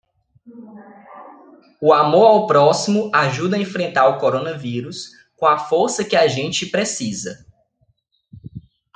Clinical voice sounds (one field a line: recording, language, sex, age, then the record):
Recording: spoken sentence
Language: Brazilian Portuguese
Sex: male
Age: 30 to 39 years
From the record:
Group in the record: control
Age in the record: 30 years